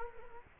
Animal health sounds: mosquito wingbeat signal from an infrared sensor; Culex quinquefasciatus

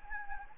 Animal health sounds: mosquito wingbeat signal from an infrared sensor; Anopheles gambiae

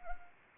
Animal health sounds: mosquito wingbeat signal from an infrared sensor; Anopheles arabiensis

